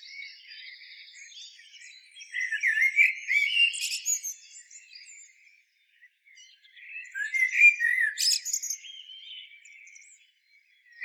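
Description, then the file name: Common blackbird delivering two song phrases about five seconds apart. Each phrase is a fluty warble that finishes with a high, scratchy twitter. "Turdus merula"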